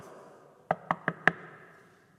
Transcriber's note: knocks three times on wood